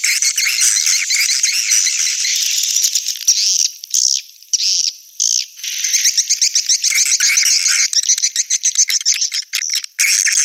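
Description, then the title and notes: Swiftlet twittering, dense high chirps broken by a few short gaps around the middle, then resuming as a busy, uneven chatter. Swiftlet sound used in swiftlet farming in Asia. "Swiflet Bird Sound. Farming Swiflet Bird asia sound"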